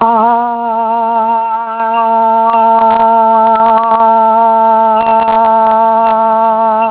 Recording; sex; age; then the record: sustained vowel /a/ by telephone; female; 70 to 79 years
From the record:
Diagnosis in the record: Parkinson's disease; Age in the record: 78 years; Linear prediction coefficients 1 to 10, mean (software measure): 1.68, -1.13, -0.05, 0.04, 0.22, -0.09, -0.27, 0.14, 0.10, -0.13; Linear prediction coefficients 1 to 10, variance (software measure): 0.048, 0.098, 0.042, 0.068, 0.036, 0.018, 0.037, 0.033, 0.018, 0.005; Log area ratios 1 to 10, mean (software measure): -2.06, 3.44, -0.43, 0.03, 0.21, 0.34, -0.03, -0.16, 0.23, 0.25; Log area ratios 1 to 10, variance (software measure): 0.009, 0.168, 0.213, 0.088, 0.159, 0.073, 0.056, 0.038, 0.033, 0.022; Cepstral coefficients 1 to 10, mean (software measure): 1.68, 0.31, -0.35, -0.60, -0.34, -0.03, -0.05, 0.01, 0.11, 0.06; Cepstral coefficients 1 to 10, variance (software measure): 0.048, 0.015, 0.013, 0.007, 0.004, 0.010, 0.007, 0.004, 0.003, 0.002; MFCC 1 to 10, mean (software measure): -3.62, 1.79, -1.25, -1.17, 0.21, 0.30, 0.23, 0.76, -0.48, -0.70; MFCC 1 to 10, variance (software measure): 0.381, 0.071, 0.068, 0.027, 0.042, 0.066, 0.075, 0.105, 0.116, 0.113